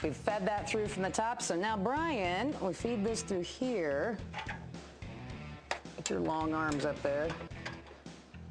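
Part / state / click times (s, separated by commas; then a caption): parking brake cable fitting into its mount on the car body / seated / 7.7 s. A parking brake cable that has been fed through from the top of the car has its fitting pushed into its mount on the car body under the vehicle while someone talks over background music. A sharp snap at 7.7 s marks the fitting seating into place.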